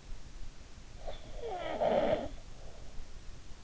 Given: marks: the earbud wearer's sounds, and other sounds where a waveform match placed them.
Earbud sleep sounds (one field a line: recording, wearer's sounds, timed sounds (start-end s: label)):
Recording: sounds in sleep by an in-ear microphone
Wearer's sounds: snoring breath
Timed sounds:
0.83-3.01 s: snoring breath